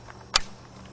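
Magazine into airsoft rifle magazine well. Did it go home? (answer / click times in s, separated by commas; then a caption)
yes / 0.4 s. A magazine is pushed into the magazine well of a Well L96 airsoft sniper rifle, with a faint tick at 0.1 s and then a sharp, bright positive click at 0.4 s over low background hum. The click shows the magazine is seated, which is needed for the BBs to fire properly.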